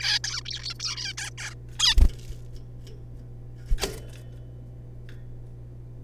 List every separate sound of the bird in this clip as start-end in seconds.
0.01-0.19, 0.24-0.41, 0.41-0.43, 0.45-0.74, 0.80-1.13, 1.18-1.30, 1.38-1.54, 1.79-1.95, 3.78-3.86